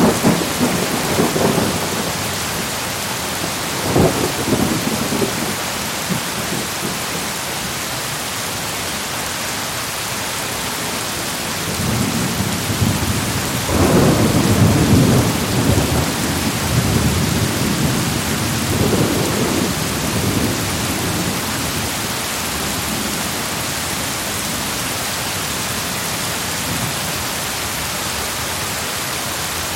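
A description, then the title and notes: Steady rain hisses across the whole clip under a thunderstorm. Low thunder rumbles roll in near the start, around four seconds, and a longer, stronger rumble swells from about twelve to twenty seconds before fading back into the rain. Epic Thunderstorm.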